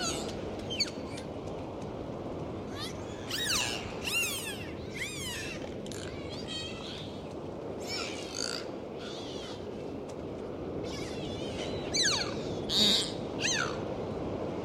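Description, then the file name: Dolphins whistling, many rising and falling squeaky whistles in bursts over a steady hiss. "Zvuki Prirody - Vesyolye Delfiny"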